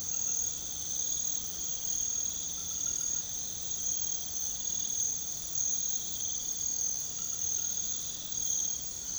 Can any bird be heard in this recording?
no